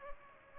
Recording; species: mosquito wingbeat signal from an infrared sensor; Culex pipiens